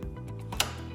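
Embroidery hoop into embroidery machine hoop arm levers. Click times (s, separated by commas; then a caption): 0.6 s. An embroidery hoop is slid under the two silver spring levers on the hoop arm of a Melco embroidery machine until it latches, over a steady low hum. Faint ticks come at 0.0 s and 0.5 s, then a sharp click at 0.6 s as the hoop seats into the levers.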